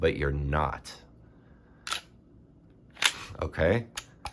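Someone talks while handling a Glock 19 pistol slide that is being fitted onto the pistol frame after reassembly, with brief sharp handling sounds near 1.9 s and 3.1 s. The slide has not gone home yet; nothing has seated or locked into place by the end of the clip.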